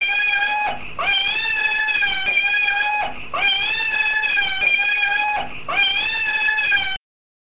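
An infant's high-pitched, mewing, cat-like cry typical of cri du chat syndrome, a genetic disorder: sustained tonal wails with a fundamental near 800 Hz and strong harmonics, coming in about three long cries separated by brief breaths over seven seconds.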